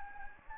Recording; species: mosquito wingbeat signal from an infrared sensor; Anopheles gambiae